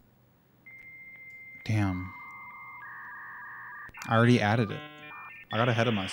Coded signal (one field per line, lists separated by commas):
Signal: dial-up modem handshake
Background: speech